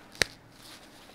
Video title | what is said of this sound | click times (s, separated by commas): Choosing Bibs and how to layer for the cold | a piece that is going to buckle into it so you could actually hear it snap | 0.2 s